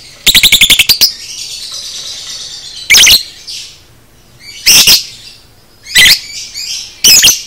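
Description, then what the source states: Lovebird chirping song: a rapid stutter of shrill chirps opening, then single harsh, buzzy squawks every one to two seconds, with soft twittering between. Lovebird, described as "paud"; a "masteran" recording used to train cage birds.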